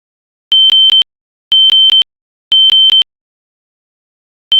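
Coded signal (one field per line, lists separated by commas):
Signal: alarm pattern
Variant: System Sensor SpectrAlert horn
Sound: high 3 kHz beeping horn: three half-second stuttering bursts, pause, then repeats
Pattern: temporal three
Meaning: Temporal-3 fire alarm signal calling for evacuation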